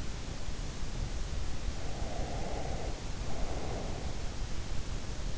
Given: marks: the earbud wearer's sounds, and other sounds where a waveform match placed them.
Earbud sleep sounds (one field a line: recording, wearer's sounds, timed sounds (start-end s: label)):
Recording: sounds in sleep by an in-ear microphone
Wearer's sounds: breath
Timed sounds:
1.81-4.08 s: breath